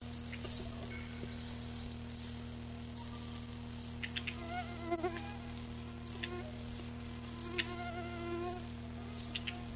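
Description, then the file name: Red-flanked bluetail calls: short, high, upslurred whistles about once a second, with fainter lower notes between them over a steady low hum. Recorded on 19 September. "Tcyanurus IX 19"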